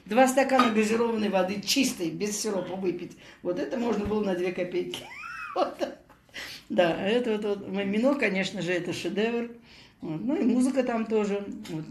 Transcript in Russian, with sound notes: два стакана газированной воды чистой, без сиропа, выпить… Вот это можно было на две копейки купить. [смеётся] Да, вот… А «Мимино», конечно же, это шедевр… Ну и музыка там тоже, да…